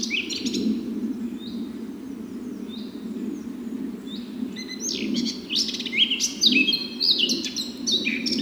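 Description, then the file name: Eurasian blackcap singing a scratchy warble of varied high notes, sparse at first and growing busier and louder toward the end, over a steady low rumbling background. "Sylvia atricapilla"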